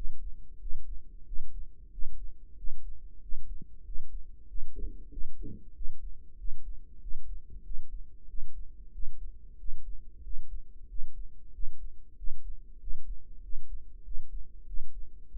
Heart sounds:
heart sounds by microphone in the right ear; 94 bpm
0.61 s: heartbeat
1.27 s: heartbeat
1.93 s: heartbeat
2.58 s: heartbeat
3.23 s: heartbeat
3.86 s: heartbeat
4.49 s: heartbeat
5.12 s: heartbeat
5.76 s: heartbeat
6.39 s: heartbeat
7.02 s: heartbeat
7.65 s: heartbeat
8.29 s: heartbeat
8.94 s: heartbeat
9.60 s: heartbeat
10.25 s: heartbeat
10.90 s: heartbeat
11.54 s: heartbeat
12.18 s: heartbeat
12.81 s: heartbeat
13.44 s: heartbeat
14.06 s: heartbeat
14.68 s: heartbeat
15.31 s: heartbeat
From the record:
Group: healthy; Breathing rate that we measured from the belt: 18 breaths a minute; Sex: male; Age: 21 years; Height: 175 cm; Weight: 72.6 kg

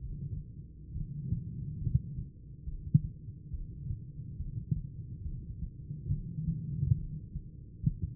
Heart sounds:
heart sounds by stethoscope; 70 bpm
0.91 s: heartbeat
1.77 s: heartbeat
2.63 s: heartbeat
3.49 s: heartbeat
4.35 s: heartbeat
5.22 s: heartbeat
6.08 s: heartbeat
6.94 s: heartbeat
7.80 s: heartbeat
From the record:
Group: heart failure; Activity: rest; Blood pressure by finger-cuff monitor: 167/69 mmHg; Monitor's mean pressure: 111 mmHg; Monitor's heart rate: 69 bpm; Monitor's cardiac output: 11.7 L/min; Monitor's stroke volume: 170 mL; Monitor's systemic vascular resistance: 700 dyn s/cm5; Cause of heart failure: idiopathic cardiomyopathy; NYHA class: 2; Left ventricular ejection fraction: 51%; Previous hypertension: present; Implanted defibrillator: present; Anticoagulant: apixaban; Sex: female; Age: 61 years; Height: 163 cm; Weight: 111 kg

